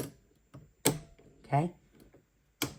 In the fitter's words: did you hear that click down in there I'll show you again